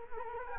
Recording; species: mosquito wingbeat signal from an infrared sensor; Culex quinquefasciatus